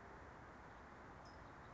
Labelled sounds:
California Towhee (Melozone crissalis)
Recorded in Sonoma County, California

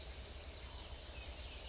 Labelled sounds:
California Towhee (Melozone crissalis)
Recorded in Sonoma County, California

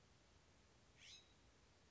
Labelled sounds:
California Scrub-Jay (Aphelocoma californica)
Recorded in Sonoma County, California

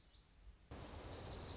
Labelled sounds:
Lazuli Bunting (Passerina amoena)
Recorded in Sonoma County, California

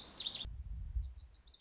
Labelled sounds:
Lazuli Bunting (Passerina amoena)
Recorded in Sonoma County, California

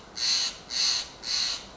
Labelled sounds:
Steller's Jay (Cyanocitta stelleri)
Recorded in Sonoma County, California

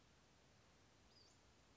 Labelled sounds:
Western Flycatcher (Empidonax difficilis)
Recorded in Sonoma County, California

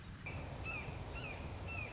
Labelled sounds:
Red-shouldered Hawk (Buteo lineatus)
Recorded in Sonoma County, California

